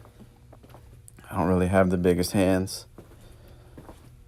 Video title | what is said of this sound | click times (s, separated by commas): iPhone 5s screen replacement | once you hear it snap and you can feel it snap better so I like to use my fingers | 1.1 s